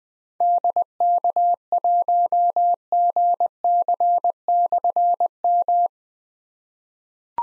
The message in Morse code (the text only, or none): DK1GC/M